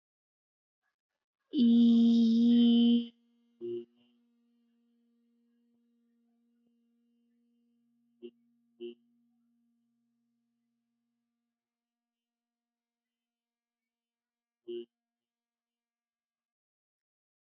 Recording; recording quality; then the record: sustained vowel as in beet; excellent, no background noise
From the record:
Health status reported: healthy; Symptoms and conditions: none ticked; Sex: female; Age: 23 years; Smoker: not ticked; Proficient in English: yes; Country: India